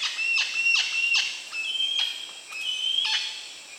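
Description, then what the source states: Bird song of sharp, high downslurred notes, some followed by a thin, steady whistle, repeated about every half second. Recorded on 8 September 2010.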